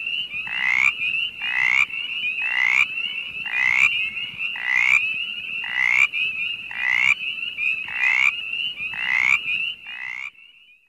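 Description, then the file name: Mountain chorus frog giving harsh pulsed trills about once a second, many in a row, over a steady high ringing tone. "Pseudacris brachyphona - Mountain Chorus Frog"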